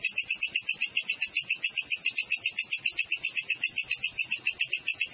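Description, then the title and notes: Cricket trilling steadily, a shrill pulsing buzz, unbroken throughout. Clean natural cricket recording with tightly spaced chirps, used as a master track for training songbirds and for repelling rats. "Masteran Jangkrik Alam Jernih, Jeda Rapat Cocok Untuk Masteran Burung Dan Mengusir Tikus. suara jangkrik"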